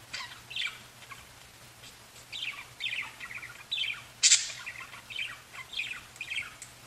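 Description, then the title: Budgerigar chattering: quick, scratchy warbled chirps and squeaks in irregular bursts, with one sharp harsh note midway and a faint low hum underneath. "Budgie Sounds"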